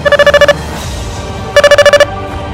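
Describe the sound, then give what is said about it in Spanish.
A mobile phone rings in two bursts of rapid electronic trills, each about half a second long with a steady mid-high pitch, separated by a brief pause over a low background hum. “Al fin contestas, ¿por qué te has apagado el celular?”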